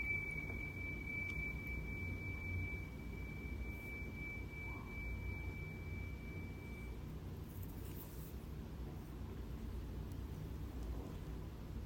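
A Tibetan singing bowl rings one steady high tone that fades out around seven seconds, over a constant low rumble and faint hiss.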